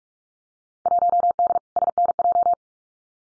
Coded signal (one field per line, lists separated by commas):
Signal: Morse code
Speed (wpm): 46 wpm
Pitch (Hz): 700 Hz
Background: none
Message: 1D SNJ